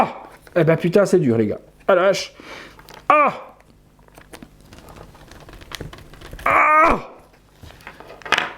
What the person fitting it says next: Non, ça ne se clipse pas.